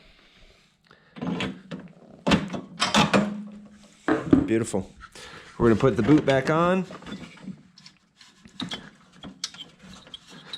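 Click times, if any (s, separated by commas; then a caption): 9.4 s. A rubber spark plug boot (ignition wire cap) is pushed back onto the terminal of a newly installed spark plug on a Toro CCR2450 snowblower engine while someone talks. After some light handling sounds, a sharp click at 9.4 seconds marks the boot seating onto the plug.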